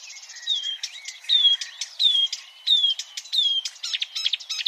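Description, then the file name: Marsh warbler song of quick varied phrases: clear downward whistles alternating with dry clicks and buzzy chatter, delivered in a rapid, restless stream. "suara kicauan burung marsh warbler. omkicau"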